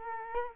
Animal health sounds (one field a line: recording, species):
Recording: mosquito wingbeat signal from an infrared sensor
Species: Culex quinquefasciatus